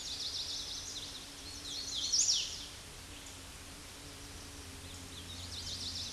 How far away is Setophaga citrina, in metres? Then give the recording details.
about 15 m. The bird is about level with the microphone. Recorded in a Pennsylvania forest on 16 May 2024 at 08:08. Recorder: AudioMoth, point MSD-1295. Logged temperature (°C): 13.7 °C. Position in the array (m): 177 m, 83 m